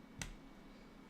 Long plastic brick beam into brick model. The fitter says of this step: snaps into place here.